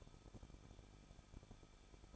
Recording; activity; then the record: daily activity, microphone in the room; no activity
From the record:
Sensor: 5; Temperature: 20.9 degrees Celsius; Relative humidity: 38.2%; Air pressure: 1006.4 hPa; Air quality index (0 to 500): 187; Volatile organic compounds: 18 ppm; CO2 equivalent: 2629 ppm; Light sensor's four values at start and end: 2/3/1/1 and 2/3/1/1